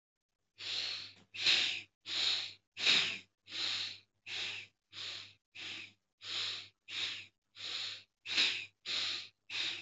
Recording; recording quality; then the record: shallow breathing; excellent, no background noise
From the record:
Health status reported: recovered from COVID-19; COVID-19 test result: positive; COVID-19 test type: RT-PCR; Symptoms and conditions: cough, fever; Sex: female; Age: 25 years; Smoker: no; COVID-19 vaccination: both doses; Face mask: worn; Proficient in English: yes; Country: India